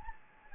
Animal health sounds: mosquito wingbeat signal from an infrared sensor; Anopheles gambiae

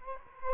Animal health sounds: mosquito wingbeat signal from an infrared sensor; Culex quinquefasciatus

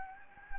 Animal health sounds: mosquito wingbeat signal from an infrared sensor; Anopheles gambiae

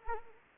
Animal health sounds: mosquito wingbeat signal from an infrared sensor; Anopheles arabiensis

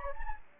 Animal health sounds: mosquito wingbeat signal from an infrared sensor; Anopheles gambiae

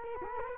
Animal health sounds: mosquito wingbeat signal from an infrared sensor; Culex quinquefasciatus

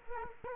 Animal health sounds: mosquito wingbeat signal from an infrared sensor; Culex quinquefasciatus

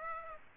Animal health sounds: mosquito wingbeat signal from an infrared sensor; Aedes aegypti

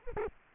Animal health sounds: mosquito wingbeat signal from an infrared sensor; Culex pipiens

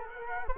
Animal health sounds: mosquito wingbeat signal from an infrared sensor; Culex quinquefasciatus

